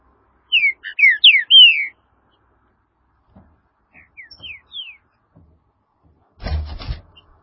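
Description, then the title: Green-winged saltator gives a strong phrase of falling whistles, then a quieter, shorter series of slurred notes; a brief rustling knock follows. "Trinca Ferro"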